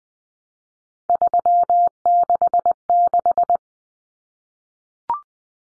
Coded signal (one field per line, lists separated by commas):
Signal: Morse code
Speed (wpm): 20 wpm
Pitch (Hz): 700 Hz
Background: none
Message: 366